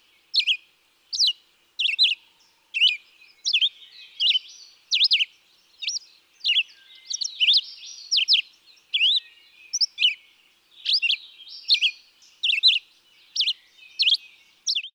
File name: Red-eyed Vireo